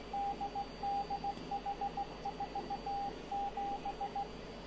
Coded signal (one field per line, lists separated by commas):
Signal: Morse code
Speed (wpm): 17 wpm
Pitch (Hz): 800 Hz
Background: radio noise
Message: DDH47